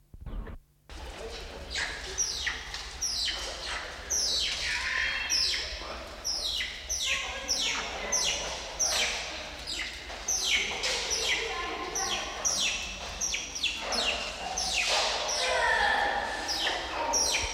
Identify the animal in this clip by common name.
Banded Mongoose